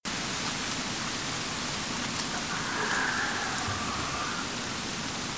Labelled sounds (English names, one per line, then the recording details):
mammal
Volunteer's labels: Autre biophonie Sus scrofa
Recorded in France